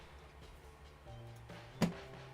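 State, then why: Seated. During calibration, the enclosure door of a Prusa Core One 3D printer is pressed closed against its door sensor switch over a steady low hum with faint tonal layers. A single sharp click at 1.8 s confirms the switch has actuated and the door is seated.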